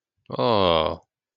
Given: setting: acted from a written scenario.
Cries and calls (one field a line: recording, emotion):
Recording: vocal sound without words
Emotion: contentment